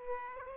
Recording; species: mosquito wingbeat signal from an infrared sensor; Aedes aegypti